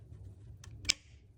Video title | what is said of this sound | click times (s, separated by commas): 2017-2019 Audi A4/A5 B9 2.0T Oil Change From Below the Car | turn it on and eventually you'll hear it click. Like | 0.6 s, 0.9 s